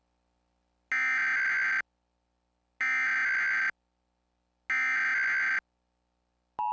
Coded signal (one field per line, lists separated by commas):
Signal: Emergency Alert System (SAME) tones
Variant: header bursts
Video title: Vecima CableVista EAS Demo